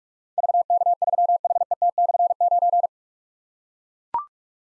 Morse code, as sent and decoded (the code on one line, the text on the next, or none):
...- -.- ...-- .... . - -..-. ----.
VK3HET/9